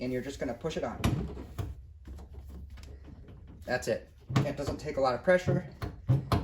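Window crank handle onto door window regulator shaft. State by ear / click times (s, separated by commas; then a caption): seated / 6.3 s. A window crank handle on a 1977 Chevy Camaro is pushed straight onto the door window regulator spline over the new door panel, taking little pressure, while someone talks. Its retaining clip snaps into place with a sharp click at 6.3 s, seating the handle.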